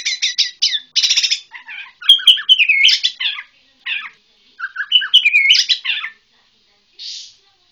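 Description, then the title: White-rumped shama song: varied whistled and chattering phrases with a harsh buzzy burst near the start, bright rising notes midway, pauses between bursts. Bornean form (murai borneo). "MURAI BORNEO MAS KIKI"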